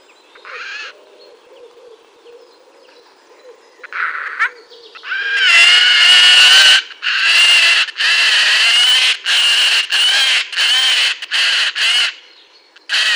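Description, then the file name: Eurasian jay calling with a few softer notes, then a long series of harsh, grating screeches in quick succession, nearly two a second at the end. "Garrulus glandarius"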